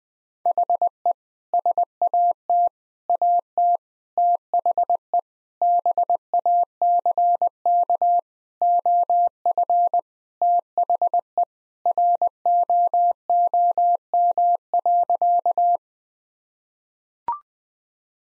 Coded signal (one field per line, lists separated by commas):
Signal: Morse code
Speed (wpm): 20 wpm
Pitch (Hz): 700 Hz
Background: none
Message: HE SAT AT THE BACK OF THE ROOM.